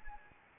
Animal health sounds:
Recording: mosquito wingbeat signal from an infrared sensor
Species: Anopheles gambiae

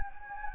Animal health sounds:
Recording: mosquito wingbeat signal from an infrared sensor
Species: Anopheles gambiae

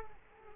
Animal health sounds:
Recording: mosquito wingbeat signal from an infrared sensor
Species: Culex quinquefasciatus

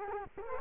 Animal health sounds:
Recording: mosquito wingbeat signal from an infrared sensor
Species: Culex quinquefasciatus

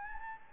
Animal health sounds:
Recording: mosquito wingbeat signal from an infrared sensor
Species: Anopheles gambiae

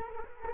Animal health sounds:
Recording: mosquito wingbeat signal from an infrared sensor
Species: Culex quinquefasciatus

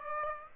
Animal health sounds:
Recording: mosquito wingbeat signal from an infrared sensor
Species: Aedes aegypti

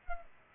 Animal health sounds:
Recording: mosquito wingbeat signal from an infrared sensor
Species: Culex pipiens

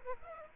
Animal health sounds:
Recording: mosquito wingbeat signal from an infrared sensor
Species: Aedes aegypti

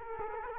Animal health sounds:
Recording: mosquito wingbeat signal from an infrared sensor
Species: Culex quinquefasciatus

